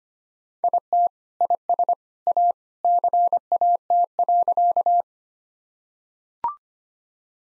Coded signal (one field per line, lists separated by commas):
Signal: Morse code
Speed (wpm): 25 wpm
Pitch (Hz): 700 Hz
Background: none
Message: IT IS A CAT.